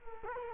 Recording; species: mosquito wingbeat signal from an infrared sensor; Culex quinquefasciatus